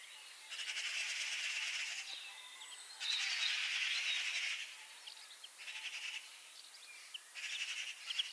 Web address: SETE Pica pica